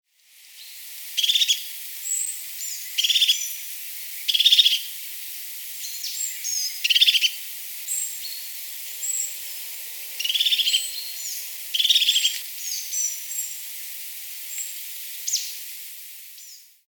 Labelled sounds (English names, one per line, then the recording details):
European Crested Tit
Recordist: Tembrock, Günter
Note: Lautfolgen